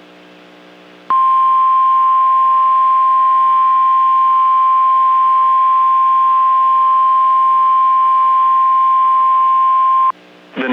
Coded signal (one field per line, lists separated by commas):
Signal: Emergency Alert System (SAME) tones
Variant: 1050 Hz attention tone